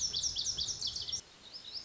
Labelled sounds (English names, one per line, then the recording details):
Lazuli Bunting
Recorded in Sonoma County, California